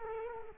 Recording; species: mosquito wingbeat signal from an infrared sensor; Culex quinquefasciatus